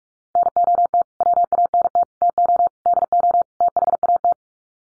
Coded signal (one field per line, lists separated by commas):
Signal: Morse code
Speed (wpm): 44 wpm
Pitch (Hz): 700 Hz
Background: none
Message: NOT WANT TO DO THAT